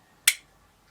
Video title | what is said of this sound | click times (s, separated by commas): How to Clone a Hard Drive or SSD in Windows/ Upgrade a hp 15s laptop with ram and bigger ssd | locks in place | 0.3 s